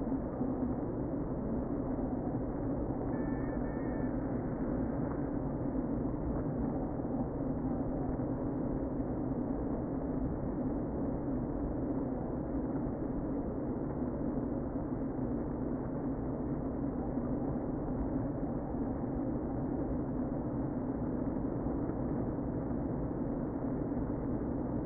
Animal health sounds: honeybee colony, microphone inside the hive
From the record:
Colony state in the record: queen present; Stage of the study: before two queens were removed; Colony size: about 60,000 bees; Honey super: yes

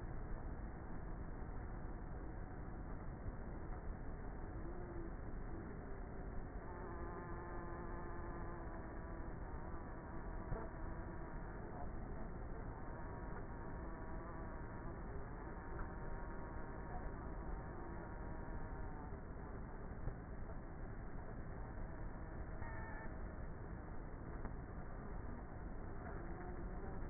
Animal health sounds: honeybee colony, microphone inside the hive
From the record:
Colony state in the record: queenless with a low population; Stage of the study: before two queens were removed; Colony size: about 30,000 bees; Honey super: no

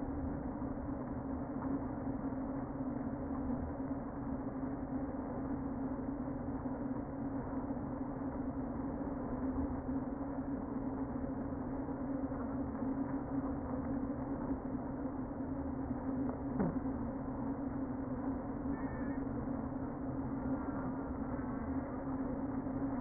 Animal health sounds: honeybee colony, microphone inside the hive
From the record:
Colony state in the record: queen present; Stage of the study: before two queens were removed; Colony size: about 60,000 bees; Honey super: yes

